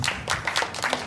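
An audience claps in a brief burst of applause, the hand claps coming quickly and a little unevenly for just over a second, with no voices over them.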